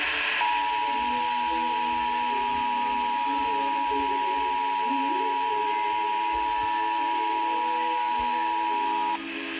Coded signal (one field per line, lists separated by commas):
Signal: Emergency Alert System (SAME) tones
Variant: 853 and 960 Hz attention tone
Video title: EAS #120 National Periodic Test